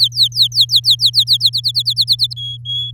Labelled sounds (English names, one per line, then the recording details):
Domestic Canary song
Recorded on 7 May 2018 at 06:15
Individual llb16